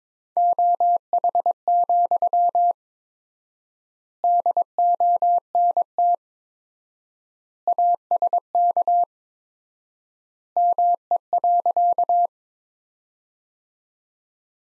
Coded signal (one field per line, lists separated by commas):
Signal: Morse code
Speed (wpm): 22 wpm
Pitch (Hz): 700 Hz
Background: none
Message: OH, DONT ASK ME.